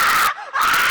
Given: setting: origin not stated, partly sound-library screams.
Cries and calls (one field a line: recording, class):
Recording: one-second piece from a danger detection set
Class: woman in danger